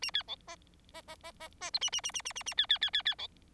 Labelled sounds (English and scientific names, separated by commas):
Bengalese Finch (Lonchura striata domestica) song